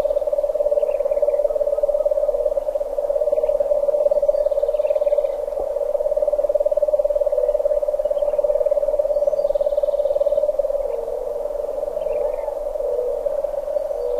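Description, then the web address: Lesser nighthawk trilling continuously, a low churring purr of fast, even pulses held without a break, while a few faint, brief high notes from other birds come and go. "Songs of Birds of North America Stokes. Lesser Nighthawk"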